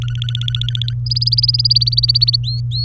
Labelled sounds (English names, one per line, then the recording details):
Domestic Canary song
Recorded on 23 April 2018 at 17:34
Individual llb3